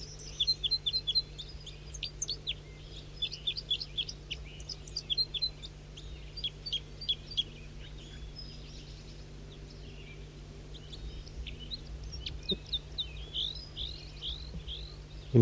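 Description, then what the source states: Red crossbill calls, short sharp high chips in loose clusters repeated throughout, some faint, over a steady low hum. In the top of a pine tree, then in flight; 7:05 a.m.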